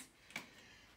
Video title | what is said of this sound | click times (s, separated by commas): Wow XL - Twin Mode | slide them down and they will lock into place | 0.4 s